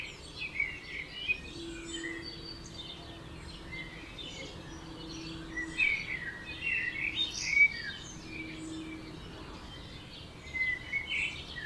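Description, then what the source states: Birds: quiet dawn chorus, high twittering and chirping phrases layered together, with a faint steady low hum beneath. Dawn chorus recorded at 4am in Oberhofen, Inntal, Austria; binaural recording.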